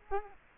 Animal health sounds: mosquito wingbeat signal from an infrared sensor; Culex quinquefasciatus

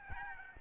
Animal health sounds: mosquito wingbeat signal from an infrared sensor; Aedes albopictus

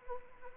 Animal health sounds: mosquito wingbeat signal from an infrared sensor; Anopheles arabiensis

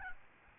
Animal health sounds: mosquito wingbeat signal from an infrared sensor; Aedes albopictus

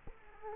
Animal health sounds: mosquito wingbeat signal from an infrared sensor; Culex quinquefasciatus

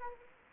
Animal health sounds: mosquito wingbeat signal from an infrared sensor; Anopheles gambiae

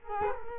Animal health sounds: mosquito wingbeat signal from an infrared sensor; Culex quinquefasciatus

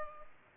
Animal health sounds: mosquito wingbeat signal from an infrared sensor; Culex pipiens

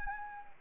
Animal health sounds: mosquito wingbeat signal from an infrared sensor; Anopheles arabiensis

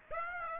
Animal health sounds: mosquito wingbeat signal from an infrared sensor; Aedes aegypti

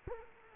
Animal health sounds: mosquito wingbeat signal from an infrared sensor; Culex quinquefasciatus

